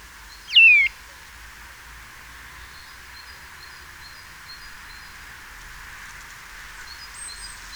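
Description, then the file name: Eurasian Nuthatch call: a single loud, sharp note sweeping quickly downward, followed by quiet high hiss and faint ticks. "Sitta europaea"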